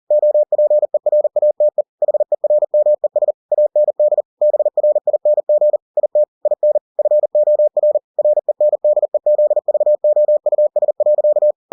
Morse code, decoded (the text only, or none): OPERATE HERMES AND BRING IT IN FOR RENDEZVOUS.